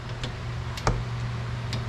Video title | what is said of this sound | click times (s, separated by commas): FIRESTONE TRIES TO RIP OFF MY MOM! NO THANKS - 2016 Chrysler Town and Country Rear Pads and Rotors | you're clicking good so we're all torqued to spec so | 0.9 s